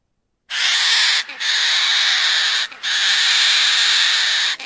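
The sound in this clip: Crested parrot calling in loud, rasping screeches, three sustained harsh bursts broken by short gaps and a fourth just starting at the end, the sound broad and grating throughout.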